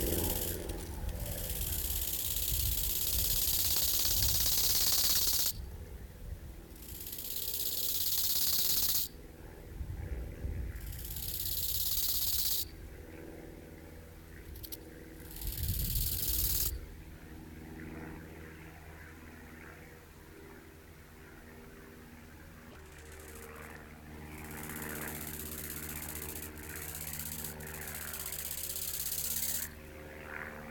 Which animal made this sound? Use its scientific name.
Chorthippus biguttulus